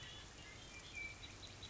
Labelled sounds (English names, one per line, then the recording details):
Red-winged Blackbird
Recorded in Sonoma County, California